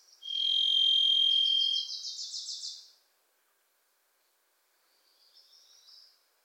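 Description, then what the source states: Varied thrush holds one long buzzy whistled tone, overlapped by a rapid, rising stuttering chatter of another bird; a softer twitter follows after a pause. Varied Thrush (Ixoreus naevius) on a rare close visit during a recording journey in Pacific Northwest forest, voice said to cry 'Listen. Listen.', with a Wilson's Warbler singing alongside.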